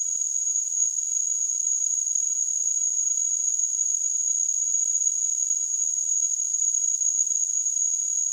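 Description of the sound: A steady, high-pitched whistling tone around 7 kHz rides over a continuous band of high-frequency hiss, with nothing below about 2 kHz: a device-generated simulation of tinnitus.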